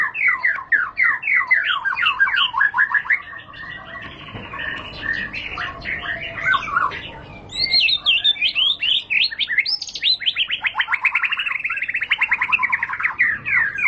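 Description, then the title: White-rumped shama song: fast repeated chattering trills and varied whistled notes, rising in pitch toward the middle, then a long rapid trill. Lure (pancingan) of high-class murai batu song, much sought for use as master tutor for caged birds. "Pancingan Murai Batu Berkelas Banyak Di Cari Buat Masteran"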